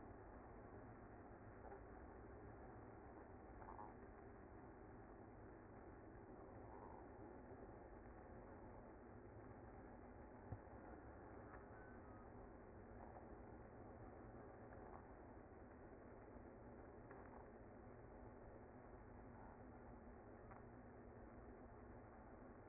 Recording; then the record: honeybee colony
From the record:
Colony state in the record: active